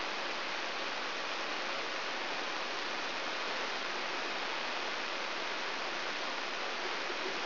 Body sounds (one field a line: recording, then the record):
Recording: brain microelectrode recording played as sound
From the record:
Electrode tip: inside the subthalamic nucleus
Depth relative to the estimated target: -2.5 mm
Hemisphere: left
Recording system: AlphaMap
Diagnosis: Parkinson's disease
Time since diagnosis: 23 years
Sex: male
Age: 65 years